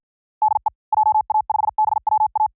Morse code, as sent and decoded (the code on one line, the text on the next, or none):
-.. . / .--- .- ..... -... .-- .-
DE JA5BWA